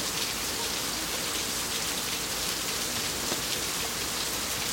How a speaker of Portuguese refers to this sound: Tá chovendo demais.